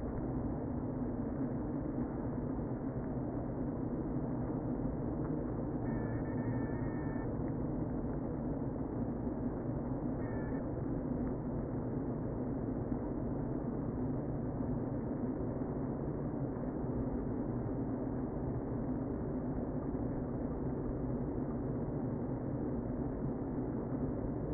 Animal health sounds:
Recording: honeybee colony, microphone inside the hive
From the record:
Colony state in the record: queen present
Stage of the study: before two queens were removed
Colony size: about 60,000 bees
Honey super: yes

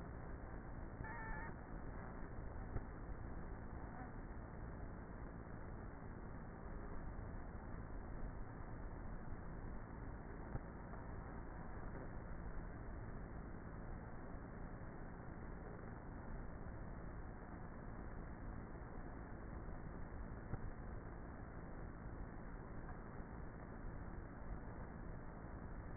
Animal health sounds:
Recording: honeybee colony, microphone inside the hive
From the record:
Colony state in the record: queenless with a low population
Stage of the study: before two queens were removed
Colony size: about 30,000 bees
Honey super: no

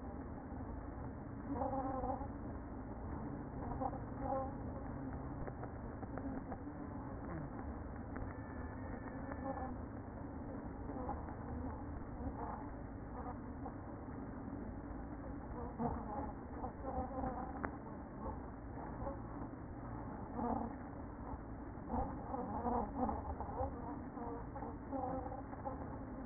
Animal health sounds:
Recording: honeybee colony, microphone inside the hive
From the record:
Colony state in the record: queen present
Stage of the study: after two queens were removed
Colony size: about 60,000 bees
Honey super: yes

